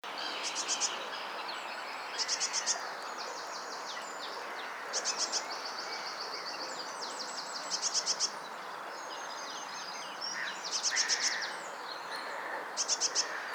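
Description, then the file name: Eurasian blue tit high thin trilled bursts, short rapid series repeated every few seconds over steady background hiss. "Cyanistes caeruleus"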